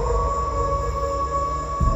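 A demon dog, struck by golden light from a talisman, lets out a long, shrill howl that holds one steady piercing pitch with ringing overtones for about two seconds, loud over a low rumbling drone, with no voices.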